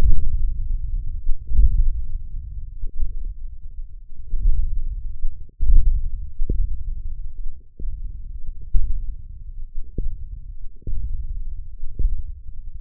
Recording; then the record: forearm muscle sounds (acoustic myography)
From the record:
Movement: radial deviation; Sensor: system 1, eight BSWA MPA416 microphones around the upper forearm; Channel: 6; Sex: male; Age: 20 years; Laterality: left